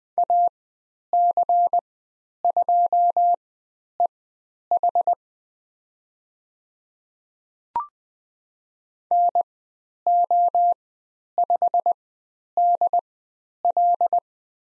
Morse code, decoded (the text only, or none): AC2EH NO5DL